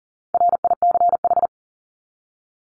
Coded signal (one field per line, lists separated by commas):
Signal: Morse code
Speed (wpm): 40 wpm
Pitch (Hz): 700 Hz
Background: none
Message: RICH